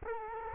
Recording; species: mosquito wingbeat signal from an infrared sensor; Culex quinquefasciatus